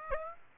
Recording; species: mosquito wingbeat signal from an infrared sensor; Aedes aegypti